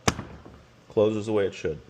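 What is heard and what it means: After the stripped hinge screws are replaced with longer ones, a wooden door is closed and its latch catches in the strike plate in the frame with a sharp, loud hit at 0.1 s. Then someone talks. The latch has seated, and the door now closes properly.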